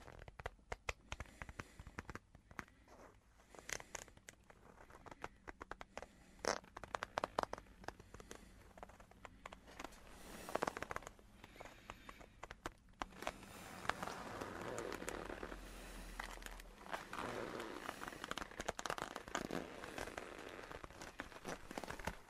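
Soft rustling and creaking of a leather coat, made of dense clusters of quick crackles and sharp ticks. The first half is sparser with scattered clicks, then from around 13 seconds the rubbing grows fuller and steadier, with a faint low hum underneath.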